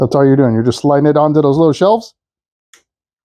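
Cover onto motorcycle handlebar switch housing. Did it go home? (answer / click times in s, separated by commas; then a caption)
yes / 2.7 s. Someone talks for about two seconds, then the plastic cover of a motorcycle handlebar hand control switch housing is slid back onto its internal shelves. A short, faint click comes at 2.7 s as the cover seats in place.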